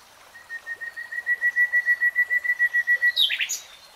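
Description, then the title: Nightingale song phrase: a sustained whistled note pulsing rapidly and swelling in volume, ending in a sharp, harsher flourish. "[Tiếng chim hót] Nightingale Singing"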